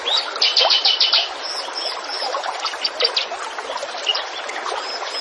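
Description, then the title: Zebra finch song: a run of nasal, buzzy stacked notes repeated quickly early on, then steady dense chattering and twittering with short sharp chirps throughout. Master recording for training cage birds; bird singing actively and persistently (gacor). "Masteran Burung Tembakan Gacor"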